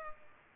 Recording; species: mosquito wingbeat signal from an infrared sensor; Culex pipiens